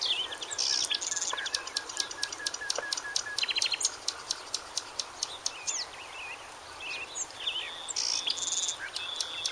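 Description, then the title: Bird song with a fast, ticking run of sharp high notes, then a cluster of bright chirps near the end, over background hiss. "LuckyPassaro Completos2Sama"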